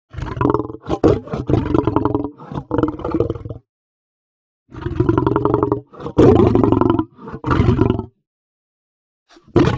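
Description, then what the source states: Lion snarling in harsh, growling bursts, several clustered in the first few seconds, then three more after a pause, with a last short snarl at the end. Aggressive snarling.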